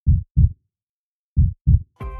Doctors use a stethoscope to listen to a heartbeat, but a heartbeat sounds something like this.